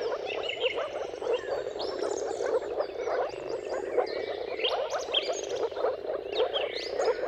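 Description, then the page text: Moor frog chorus of soft, repeated bubbling notes from many callers, and bird songs rising and falling above them. Chorus of many moor frogs giving mating calls at sunrise, turn of March and April, timing depending on weather. "Dawn’s Chorus: Mating Calls of Marsh Frogs at Sunrise. Depending on the weather at the turn of March and April, you can witness an amazing spectacle of moor frogs. Jakub-Orzecki moor frogs"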